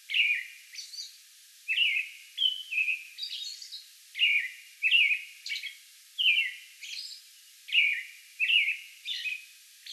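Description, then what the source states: American robin song: a steady, unbroken series of liquid caroling phrases, some dropping in pitch, interleaved with high thin squeaks. Song bout recorded May 11.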